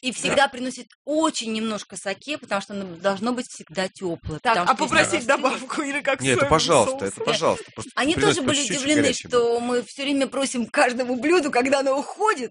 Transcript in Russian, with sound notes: И всегда приносят очень немножко Саке, потому что оно должно быть всегда теплое.
А попросить добавку, или как соевый соус? (смеется)
Нет, это пожалуйста.
Они тоже были удивлены, что мы все время просим к каждому блюду, когда оно уходит.